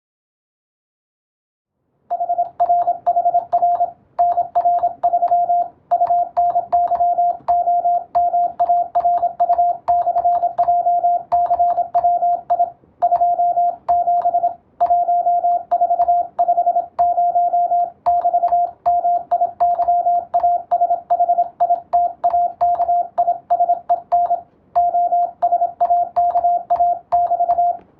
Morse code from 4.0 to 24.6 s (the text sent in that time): NR3 UNYOMARU/JCWI 27 1450<BT>MIYASHITAKISEN